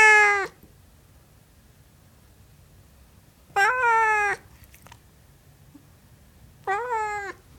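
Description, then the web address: Siamese cat meowing three times, each cry slightly bending in pitch, separated by quiet gaps of a few seconds. "BBC Cats Meowing"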